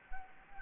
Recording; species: mosquito wingbeat signal from an infrared sensor; Anopheles gambiae